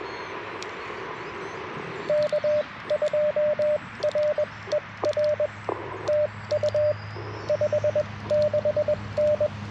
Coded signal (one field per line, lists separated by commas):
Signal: Morse code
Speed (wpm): 22 wpm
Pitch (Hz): 600 Hz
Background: radio noise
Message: K2RER TU 56N